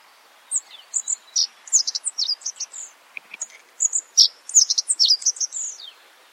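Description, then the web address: Godlewski's bunting calls: a lively run of thin, high chips and short slurred notes, irregular and hurried, continuing through most with quiet gaps. "godlewski s bunting bird call"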